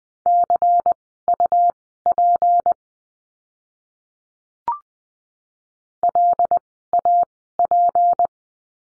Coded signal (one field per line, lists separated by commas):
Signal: Morse code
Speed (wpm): 20 wpm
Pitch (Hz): 700 Hz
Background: none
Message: CUP LAP